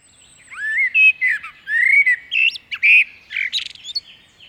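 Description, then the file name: Common blackbird song, a continuous string of fluty, slurred whistles with rising notes and brief high twittery squeaks mixed in, with a thin high tone faintly audible at the start. "Merle noir"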